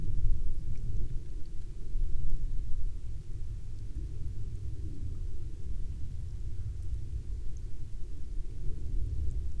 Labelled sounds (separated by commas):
near silence